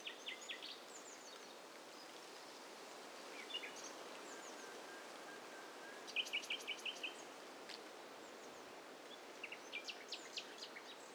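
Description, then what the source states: Several birds calling over a steady hiss: scattered thin high chirps, and a quick run of about six sharp notes midway through. Overlapping mix of several birds, assembled as a stereo test set.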